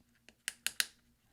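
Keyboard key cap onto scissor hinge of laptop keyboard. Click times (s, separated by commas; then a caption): 0.5 s, 0.7 s, 0.8 s. A replacement down arrow key cap for a 13" MacBook Pro 2.4 GHz mid-2010 (1278, MC374) is placed on its installed scissor hinge and pressed down with a finger. A faint tick comes at 0.3 s, then three sharp small plastic clicks at 0.5, 0.7 and 0.8 s as the key cap snaps onto the hinge and seats.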